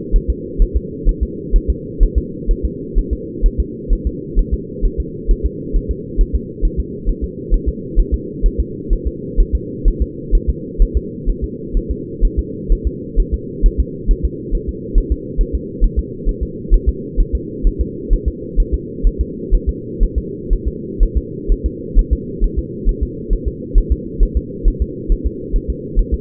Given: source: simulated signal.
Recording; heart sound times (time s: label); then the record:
fetal heart sounds
0.16 s: S1
0.30 s: S2
0.62 s: S1
0.77 s: S2
1.09 s: S1
1.23 s: S2
1.56 s: S1
1.70 s: S2
2.03 s: S1
2.18 s: S2
2.51 s: S1
2.65 s: S2
2.98 s: S1
3.13 s: S2
3.46 s: S1
3.60 s: S2
3.93 s: S1
4.07 s: S2
4.39 s: S1
4.54 s: S2
4.85 s: S1
5.00 s: S2
5.31 s: S1
5.46 s: S2
5.76 s: S1
5.91 s: S2
6.21 s: S1
6.35 s: S2
6.65 s: S1
6.80 s: S2
7.09 s: S1
7.24 s: S2
7.54 s: S1
7.69 s: S2
8.00 s: S1
8.14 s: S2
8.46 s: S1
8.60 s: S2
8.93 s: S1
9.07 s: S2
9.40 s: S1
9.55 s: S2
9.88 s: S1
10.02 s: S2
10.35 s: S1
10.50 s: S2
10.82 s: S1
10.97 s: S2
11.29 s: S1
11.44 s: S2
11.77 s: S1
11.91 s: S2
12.25 s: S1
12.39 s: S2
12.72 s: S1
12.87 s: S2
13.20 s: S1
13.34 s: S2
13.66 s: S1
13.80 s: S2
14.11 s: S1
14.25 s: S2
14.55 s: S1
14.69 s: S2
14.98 s: S1
15.12 s: S2
15.41 s: S1
15.55 s: S2
15.84 s: S1
15.99 s: S2
16.29 s: S1
16.43 s: S2
16.74 s: S1
16.89 s: S2
17.20 s: S1
17.35 s: S2
17.67 s: S1
17.81 s: S2
18.13 s: S1
18.28 s: S2
18.60 s: S1
18.74 s: S2
19.07 s: S1
19.21 s: S2
19.55 s: S1
19.69 s: S2
20.03 s: S1
20.18 s: S2
20.53 s: S1
20.68 s: S2
21.03 s: S1
21.17 s: S2
21.52 s: S1
21.66 s: S2
21.99 s: S1
22.13 s: S2
22.44 s: S1
22.59 s: S2
22.89 s: S1
23.03 s: S2
23.33 s: S1
23.48 s: S2
23.78 s: S1
23.92 s: S2
24.23 s: S1
24.37 s: S2
24.68 s: S1
24.82 s: S2
25.12 s: S1
25.27 s: S2
25.56 s: S1
25.70 s: S2
25.99 s: S1
26.14 s: S2
From the record:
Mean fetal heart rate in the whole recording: 130 bpm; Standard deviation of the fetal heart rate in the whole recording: 4 bpm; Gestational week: 38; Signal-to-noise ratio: -4.1 dB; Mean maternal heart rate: no maternal heart sound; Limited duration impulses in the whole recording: absent